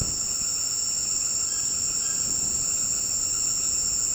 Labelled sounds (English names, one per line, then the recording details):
none
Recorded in dense forest near Puerto Asís, Putumayo, Colombia, on 18 February 2024 at 18:00
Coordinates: 0.486, -76.316
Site G6437